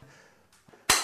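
A miter saw's head is tilted back past 90° on its bevel pivot, and the spring-loaded metal detent of the tilt mechanism snaps back into place. After a quiet, faint lead-in, a sharp, loud metallic snap is heard at 0.9 s, and the detent seats so the saw stops at 90°.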